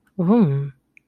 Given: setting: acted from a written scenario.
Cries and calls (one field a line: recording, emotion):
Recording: vocal sound without words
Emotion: desire